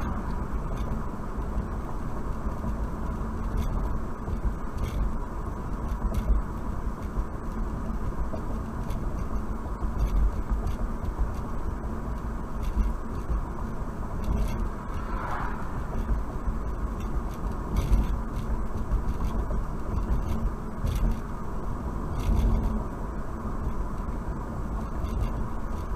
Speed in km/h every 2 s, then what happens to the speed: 64, 63, 63, 63, 63, 61, 61, 61, 61, 61, 61, 63, 63.
0-26 steady at about 63.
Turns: none.